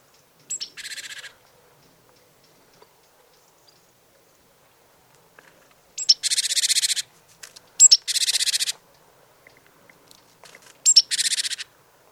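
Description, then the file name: Great tit scolding calls: short high notes leading into rasping buzzy churrs, repeated several times in a quiet setting. "Parus major"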